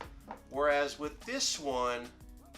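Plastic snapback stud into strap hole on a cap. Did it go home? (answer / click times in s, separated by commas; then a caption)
no / none. Someone talks while handling a cap's adjustable snapback back, bringing the plastic strap studs toward their holes. A faint tap sounds near the end, but nothing has seated or clicked yet.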